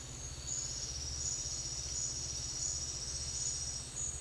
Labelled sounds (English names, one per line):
none